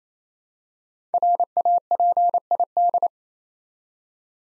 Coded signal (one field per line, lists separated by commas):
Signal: Morse code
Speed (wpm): 29 wpm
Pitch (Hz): 700 Hz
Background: none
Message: RAPID